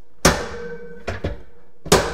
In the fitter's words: and then it drops down like this and just pull it until it snaps in make sure it's snapped in everywhere